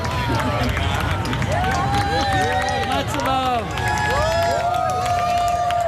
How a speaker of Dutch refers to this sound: Nou, je hoort het enthousiast gejuich om ons heen. Die zonsverduistering is nu op het hoogtepunt.